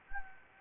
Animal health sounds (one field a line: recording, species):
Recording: mosquito wingbeat signal from an infrared sensor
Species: Anopheles gambiae